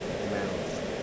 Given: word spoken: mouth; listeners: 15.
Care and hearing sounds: one English word in noise, from a listening test; speech-shaped noise; -6.5 dB; 1 of 15; 7 of 15; 0.63 s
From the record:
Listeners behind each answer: 7, 2, 1, 1, 1, 1, 1, 1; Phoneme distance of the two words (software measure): 17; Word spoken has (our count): 1 syllable, 3 phonemes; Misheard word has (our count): 1 syllable, 4 phonemes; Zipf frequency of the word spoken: 4.78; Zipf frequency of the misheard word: 3.43

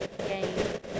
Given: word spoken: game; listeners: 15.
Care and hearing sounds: one English word in noise, from a listening test; noise modulated by three-talker babble; -5.8 dB; 6 of 15; 6 of 15; 0.60 s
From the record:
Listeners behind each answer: 6, 6, 1, 1, 1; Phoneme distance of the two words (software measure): 10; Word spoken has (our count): 1 syllable, 3 phonemes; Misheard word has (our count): 1 syllable, 3 phonemes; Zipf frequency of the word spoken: 5.54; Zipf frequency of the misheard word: 4.34

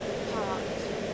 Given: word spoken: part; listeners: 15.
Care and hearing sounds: one English word in noise, from a listening test; speech-shaped noise; -6.4 dB; 3 of 15; 9 of 15; 0.74 s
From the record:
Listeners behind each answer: 9, 3, 2, 1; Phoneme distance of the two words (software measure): 7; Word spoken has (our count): 1 syllable, 3 phonemes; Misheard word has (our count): 1 syllable, 4 phonemes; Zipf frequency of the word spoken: 5.67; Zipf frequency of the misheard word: 3.81

